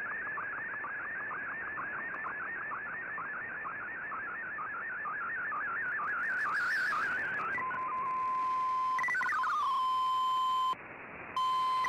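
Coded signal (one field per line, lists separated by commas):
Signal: multi-tone FSK (Olivia or MFSK type)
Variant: MFSK32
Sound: fast warbling stepped tones for eight seconds, a brief chirpy burst, then a steady tone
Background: radio static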